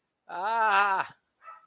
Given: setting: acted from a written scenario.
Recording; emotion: vocal sound without words; pain